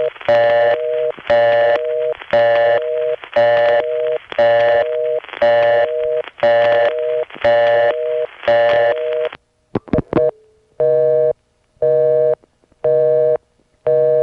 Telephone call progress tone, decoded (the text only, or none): busy tone